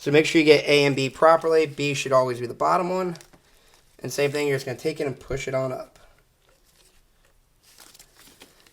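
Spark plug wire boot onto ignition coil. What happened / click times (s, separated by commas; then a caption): The ignition wire boot is being positioned and pushed toward the coil, not yet seated / none. Someone talks while the bottom spark plug wire boot, labeled B, is lined up and pushed up toward its terminal on the ignition coil of an SL55 AMG during a tune-up. After the talking stops around 6 seconds, only faint, quiet handling sounds follow. Nothing has snapped or seated yet.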